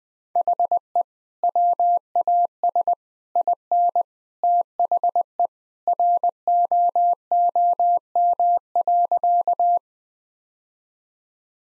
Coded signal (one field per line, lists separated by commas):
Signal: Morse code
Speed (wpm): 20 wpm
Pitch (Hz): 700 Hz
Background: none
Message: HE WAS IN THE ROOM.